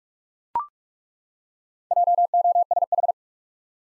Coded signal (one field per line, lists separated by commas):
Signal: Morse code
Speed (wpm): 42 wpm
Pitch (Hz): 700 Hz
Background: none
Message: JOSH